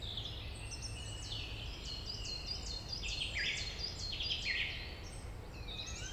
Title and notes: Rte Forestière de la Meunaz, Montcel, France - Grive musicienne. Forêt domaniale du Montcel, vaste espace forestier , fréquenté par les grives et de nombreux oiseaux